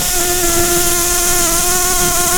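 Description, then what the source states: Red-tailed bumblebee buzzing: a steady, even drone with a clear tone and stacked overtones, unchanging throughout, over a soft hiss. Queens.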